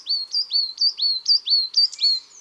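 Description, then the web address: Coal tit song: a quick, bright, two-note phrase repeated several times in a steady rhythm, each phrase high with a sharply dropping note. Recorded in March. "Mars La Mesange noire. les-4-saisons-des-chants-doiseaux"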